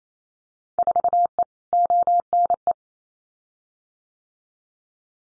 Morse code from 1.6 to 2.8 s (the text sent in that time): ONE